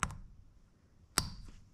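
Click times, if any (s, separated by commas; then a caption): 1.2 s. A steel spiral lock retaining ring is wound into the piston pin bore groove of an aluminum piston on a nitrous 339 small-block Chevy stroker. A sharp double tick near the start is followed by a bright, metallic snap at 1.2 s with a brief ringing tail. That snap shows the spiral lock has seated well in its groove.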